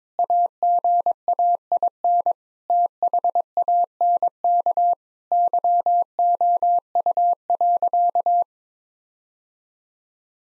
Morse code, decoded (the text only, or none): AGAIN THANK YOU.